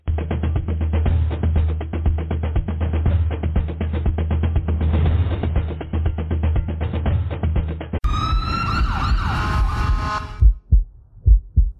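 Steady, muffled low thumps of a heartbeat at about 70 a minute, amplified through a Littmann CORE digital stethoscope with active noise cancellation and up to 40 times amplification. Around eight seconds a wailing siren cuts in, then fades as the thumps return.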